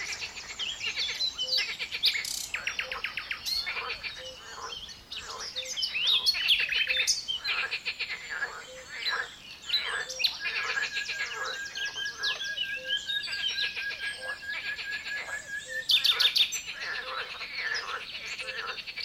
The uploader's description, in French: le réveil de la mare